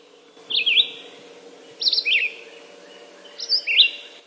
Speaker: Who's that star singing? That's the song of the red-eyed vireo.